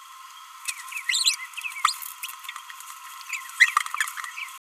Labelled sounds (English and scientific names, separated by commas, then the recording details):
Green-rumped Parrotlet (Forpus passerinus) babbling
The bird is a male
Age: 29 days
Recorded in a nest box in Venezuela
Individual 17B31A1